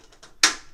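A metal drawer part is worked back into an IKEA Helmer drawer cabinet frame after a failed first try that let it slip out. Faint soft rustles lead up to a single sharp, bright click at 0.4 s that rings down over the following few tenths of a second. The part is seated and clicked home, which keeps it from slipping out.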